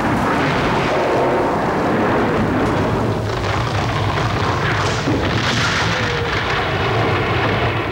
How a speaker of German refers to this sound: Blitz, Hagel, Sturm. In den Palast. Ein Blitz faucht durch die Decke des Palastes, der Donner.